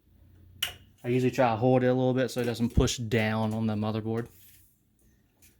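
A PCIe power cable plug is pushed gently into the power socket of an Nvidia RTX 2080 Ti graphics card and latches with a sharp plastic click at 0.6 s. Someone then talks. The power connector is seated.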